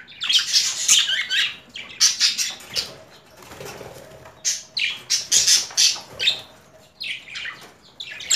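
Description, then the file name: Budgerigar chattering in bursts of raspy squawks and rapid chirps, separated by brief quieter gaps. Female budgerigar; mixed sounds. "Karisik Sesler Disi Muhabbet Kusu Sesi"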